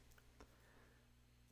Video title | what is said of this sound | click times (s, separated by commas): L1 Water Leak & Freeze Detector Setup (iOS) | We'll hear a clicking noise when that cover is firmly in place. | 0.2 s, 0.4 s